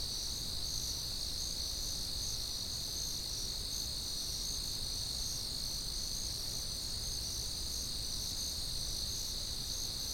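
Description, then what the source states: Crickets chirping in a steady, unbroken high chorus with several layered pulsing tones, over a low background rumble. Constant, generic cricket chirping.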